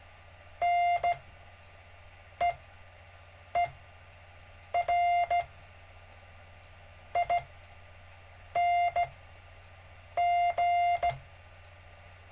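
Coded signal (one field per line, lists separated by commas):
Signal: Morse code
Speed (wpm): 15 wpm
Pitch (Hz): 700 Hz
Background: none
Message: N E E R I N G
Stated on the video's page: Gentle Morse code practice during a live stream lesson.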